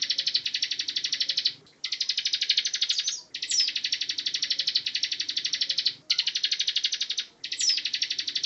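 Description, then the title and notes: Bar-winged Prinia song: long, fast, buzzy pulsed trills in bursts of about one to three seconds, separated by brief pauses. Ngebren song style, used as a master for training Magpie Robins to copy it. "Ciblek Ngebren Untuk Masteran Murai Batu. Suara burung ciblek"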